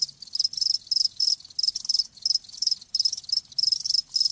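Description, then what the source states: Crickets chirping in rapid pulsed bursts, several per second, high-pitched. Live crickets chirping with a lulling song.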